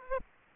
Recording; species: mosquito wingbeat signal from an infrared sensor; Aedes aegypti